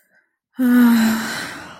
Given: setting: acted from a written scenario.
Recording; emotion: vocal sound without words; serenity